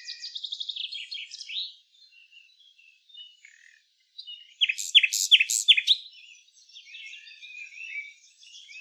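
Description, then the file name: Common nightingale: a rapid trill of even notes, a soft pause, then four or five loud, ringing, down-slurred notes and trailing warbles. "Luscinia megarhynchos"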